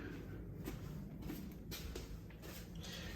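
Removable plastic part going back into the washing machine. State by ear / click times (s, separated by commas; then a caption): not seated / none. A removable plastic part from a Samsung washing machine is carried over to the washer and lined up for reinsertion, with soft creaking handling noise over a steady low hum. Brief knocks come at about 2.0 and 2.3 seconds. Nothing has seated or clicked into place yet.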